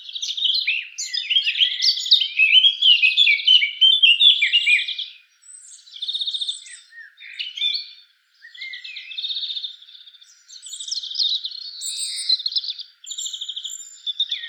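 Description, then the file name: Eurasian blackcap song, an opening rich warble followed by repeated buzzy trills separated by short pauses. "Sylvia atricapilla"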